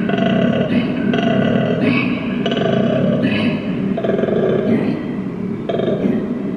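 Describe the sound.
Koala bellowing: deep, rough, throbbing grunts in a steady run of harmonic pulses with brief breaks between phrases, loud throughout.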